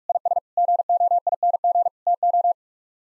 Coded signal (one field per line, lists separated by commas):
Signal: Morse code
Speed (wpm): 49 wpm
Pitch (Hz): 700 Hz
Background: none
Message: IS GOING TO